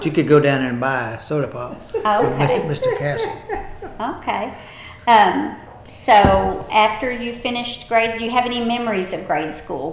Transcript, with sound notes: You could go down there and buy a soda pop from Mr. Castle.
(Laughter) Okay, so after you finished grade-- do you have any memories of grade school?